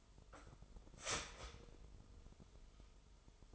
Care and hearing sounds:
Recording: daily activity, microphone in the room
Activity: start toaster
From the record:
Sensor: 5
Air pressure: 988.7 hPa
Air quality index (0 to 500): 233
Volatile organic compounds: 185 ppm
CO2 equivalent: 4162 ppm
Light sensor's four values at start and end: 40/124/48/51 and 40/124/48/51

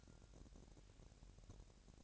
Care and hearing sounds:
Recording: daily activity, microphone in the room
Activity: take from stove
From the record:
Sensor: 2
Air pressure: 1011.8 hPa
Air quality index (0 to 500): 200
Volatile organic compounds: 3 ppm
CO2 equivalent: 1416 ppm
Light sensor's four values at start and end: 63/151/62/60 and 63/151/62/60

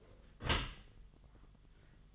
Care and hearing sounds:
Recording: daily activity, microphone in the room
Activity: close dishwasher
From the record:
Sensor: 4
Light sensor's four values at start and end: 11/25/10/10 and 11/26/10/10

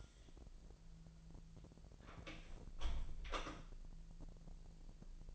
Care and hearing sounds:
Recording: daily activity, microphone in the room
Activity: close door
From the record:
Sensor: 5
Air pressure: 1001.3 hPa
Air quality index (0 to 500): 248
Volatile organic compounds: 35 ppm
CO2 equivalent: 3060 ppm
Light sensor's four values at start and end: 36/83/33/32 and 36/83/33/32

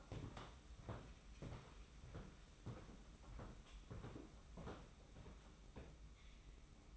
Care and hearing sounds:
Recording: daily activity, microphone in the room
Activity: walk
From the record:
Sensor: 1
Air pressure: 991.6 hPa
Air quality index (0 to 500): 169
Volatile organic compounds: 1000 ppm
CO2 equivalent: 6348 ppm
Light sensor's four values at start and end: 30/100/39/40 and 30/100/39/40

